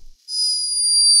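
A thin, very high-pitched whistling squeak, steady and held for about a second, with nothing in the low range. It is the snore of a sleeping hummingbird, a tiny bird whose snore sounds like a faint whistle rather than a rumble.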